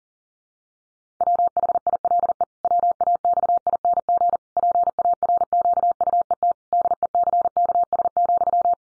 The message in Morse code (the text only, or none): WHILE WAXING PARQUET DECKS,